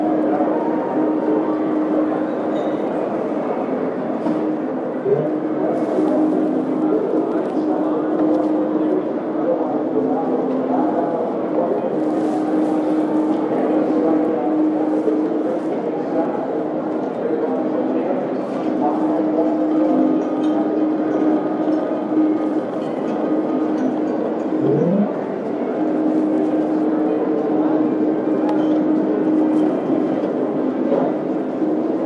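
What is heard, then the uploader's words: Steady casino din fills the half minute: a dense wash of murmuring voices and machine noise with a sustained tone humming underneath. Brief bright clicks and chimes flick in now and then, and a short rising electronic sweep sounds near twenty-five seconds. The symphony of sounds that permeate the casino landscape.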